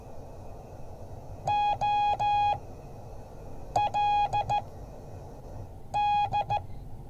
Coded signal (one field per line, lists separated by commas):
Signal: Morse code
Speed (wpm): 13 wpm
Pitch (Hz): 830 Hz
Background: none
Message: OLD